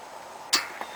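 A wheel is removed from its axle mount on a bicycle trailer for storage, and it pops right off. A sharp metallic pop sounds at 0.5 s, followed by a smaller knock at 0.8 s. The wheel is released from the trailer.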